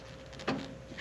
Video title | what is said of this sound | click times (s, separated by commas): 2 MAN CREW TODAY | same deal push in twist you hear it pop | 0.5 s